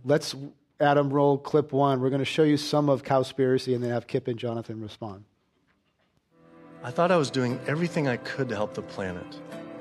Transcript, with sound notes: let's, Adam roll clip one we’re gonna show you some of Cowspiracy and then have Kip and Jonathan respond.
[Video Playback]
I thought I was doing everything I could to help the planet.